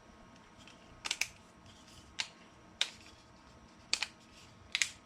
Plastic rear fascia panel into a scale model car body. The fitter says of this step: last little pop and it just dropped right into place you guys